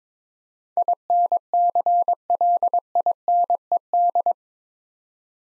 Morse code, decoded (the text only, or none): INCLINED